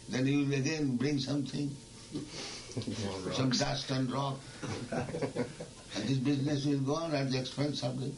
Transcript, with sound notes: Then you'll again bring something, some dust and rock. [laughter] And this business will go on at the expense of the...